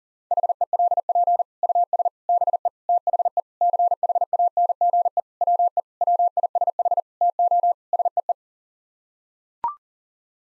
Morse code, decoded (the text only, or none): HELP US BE THE CHANGE WE WISH TO SEE